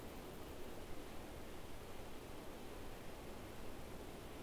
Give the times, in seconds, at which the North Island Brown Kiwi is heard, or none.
none